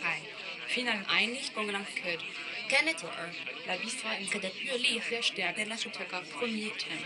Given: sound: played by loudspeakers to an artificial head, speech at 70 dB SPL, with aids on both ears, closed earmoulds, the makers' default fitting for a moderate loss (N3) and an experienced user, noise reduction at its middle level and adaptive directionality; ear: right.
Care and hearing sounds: speech test signal (ISTS) in cocktail-party noise; +6 dB; in front (0 degrees)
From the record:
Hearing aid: class 2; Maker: I

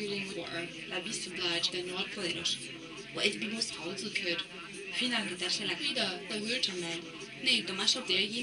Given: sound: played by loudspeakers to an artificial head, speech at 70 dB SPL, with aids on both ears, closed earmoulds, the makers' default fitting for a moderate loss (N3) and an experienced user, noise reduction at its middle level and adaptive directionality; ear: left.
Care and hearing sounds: speech test signal (ISTS) in cocktail-party noise; +6 dB; on the right (90 degrees)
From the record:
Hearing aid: class 2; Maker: B

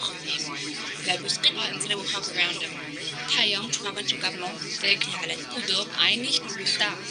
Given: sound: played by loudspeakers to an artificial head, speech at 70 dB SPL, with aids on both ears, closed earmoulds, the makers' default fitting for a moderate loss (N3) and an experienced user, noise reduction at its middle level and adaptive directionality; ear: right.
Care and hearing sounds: speech test signal (ISTS) in cocktail-party noise; -3 dB; in front (0 degrees)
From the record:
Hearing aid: class 2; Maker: A

